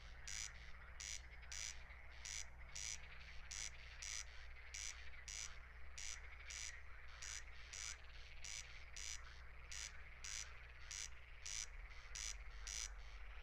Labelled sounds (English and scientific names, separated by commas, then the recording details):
Corn Crake (Crex crex) song
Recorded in the wild
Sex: male
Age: adult
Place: Schwedt/Oder, Nationalpark Unteres Odertal, Brandenburg, DE
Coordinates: 53.0443, 14.2917
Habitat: meadow
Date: 2021-06-17 00:23
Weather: 14°C, 80% humidity, almost windless
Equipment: Edirol R44, Microtech Gefell MK 250/MV220
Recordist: Frommolt, Karl-Heinz